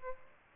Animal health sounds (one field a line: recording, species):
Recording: mosquito wingbeat signal from an infrared sensor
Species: Aedes aegypti